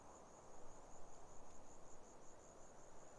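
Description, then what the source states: Grasshopper stridulation: a continuous high, rapidly pulsed buzz holding steady over soft wind noise. Autumn afternoon, lukewarm, 6 May 2015, arid hills of the Barrier Ranges near Broken Hill, Australian outback; wind through desert she-oaks.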